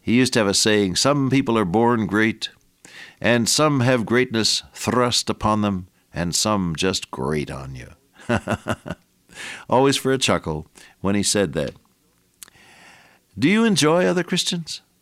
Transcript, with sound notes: He used to have a saying, “Some people are born great and some have greatness thrust upon them, and some just grate on you.” [chuckle] Always for a chuckle when he said that… Do you enjoy other Christians?